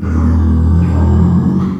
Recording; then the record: squeal of a Yucatan mini pig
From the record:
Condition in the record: after surgery on the right vocal fold (resection and tissue-engineered implant); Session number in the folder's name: 16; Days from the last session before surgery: 183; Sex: female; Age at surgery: 19 weeks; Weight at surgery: 25 kg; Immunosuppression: prednisolone